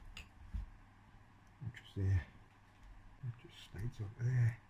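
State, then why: Not seated. A final circlip is slid onto a shaft during a rebuild of a Yamaha DTR 125 two-stroke engine (1988–1997, 3BN), ready to be pushed into its groove. Someone talks over quiet handling noises, with a brief sharp tick near 0.2 s. Nothing has seated or clicked yet.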